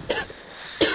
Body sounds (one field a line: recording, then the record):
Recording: coughing mixed with background sound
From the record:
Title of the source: 55 gaggy wet cough